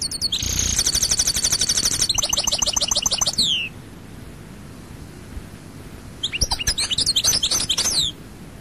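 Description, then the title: European goldfinch song opening with a buzzy rolling trill, then tinkling notes ending in a falling slur; after a pause another twittering burst follows. "Chant Chardonneret"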